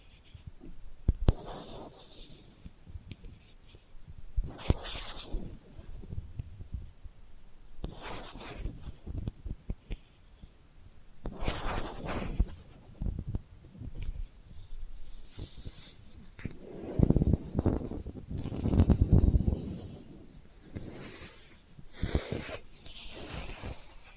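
Delicate scratching and rubbing come in short, irregular bursts, with brief quiet gaps between them, busiest around 5, 11 and 17 to 20 seconds. The strokes are soft and crackly, some heavier and fuller. A thin high whine runs steadily through much of the clip.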